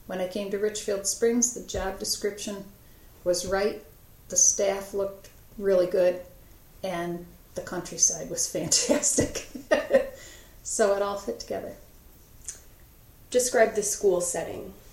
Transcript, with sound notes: When I came to Richfield Springs, the job description was right, the staff looked really good, and the countryside was fantastic. [Laughter.] So it all fit together.
Describe the school setting.